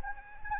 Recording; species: mosquito wingbeat signal from an infrared sensor; Anopheles gambiae